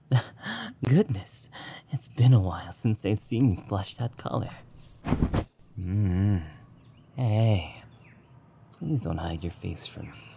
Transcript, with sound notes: goodness… it’s been a while since I’ve seen you flush that color.
oh...
[gently] hey… please don’t hide your face from me.